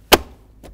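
On a 2013-2018 Toyota RAV4, the console tower trim piece, with its lip slid under the edge, is tilted toward the driver's seat, lined up and pushed into the center console. It seats with a sharp, loud snap at 0.1 s, followed by a much fainter knock at about 0.7 s.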